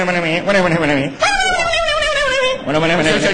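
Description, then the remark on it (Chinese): A man mimics a neighbour's dog with his voice, letting out a run of loud, rhythmic barks, then a stretched, high whining yelp, before more quick barks at the end. “行，哎呦，你听听，你这都什么动静？”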